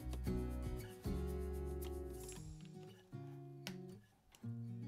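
The detachable boom microphone plug of a Razer BlackShark V2 Pro gaming headset is lined up by its matching shape and pushed into the mic socket on the ear cup, over steady background music. A sharp click stands out at 3.7 s as the plug seats into place.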